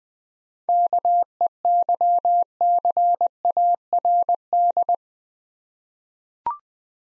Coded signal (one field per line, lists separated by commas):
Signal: Morse code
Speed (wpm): 20 wpm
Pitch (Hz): 700 Hz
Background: none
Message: KEYCARD